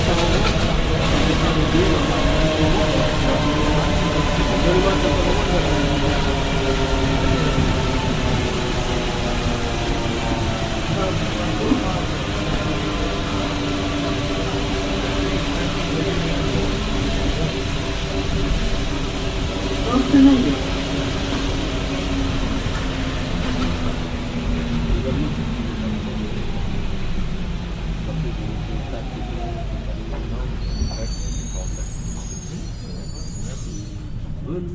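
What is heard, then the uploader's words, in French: A Paris Métro train runs with a steady rumbling roar and layered whining tones that slowly glide up and down as it moves. A voice can be heard faintly at times. Near the end the whine drops away and brief high squeals appear around thirty seconds. Métro parisien.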